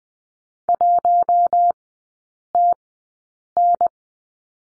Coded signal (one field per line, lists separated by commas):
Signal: Morse code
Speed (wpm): 20 wpm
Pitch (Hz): 700 Hz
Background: none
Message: 1TN